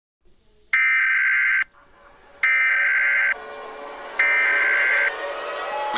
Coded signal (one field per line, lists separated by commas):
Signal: Emergency Alert System (SAME) tones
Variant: header bursts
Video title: EAS Scenario - Interstellar (Belated 1K Subscribers Special)